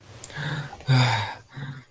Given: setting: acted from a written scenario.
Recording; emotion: vocal sound without words; distress